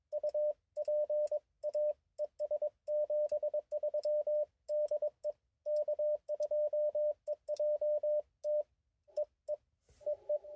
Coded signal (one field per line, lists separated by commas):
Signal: Morse code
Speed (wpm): 19 wpm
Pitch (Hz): 600 Hz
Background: radio noise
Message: U PA ES 73 DE K2EJT EE EE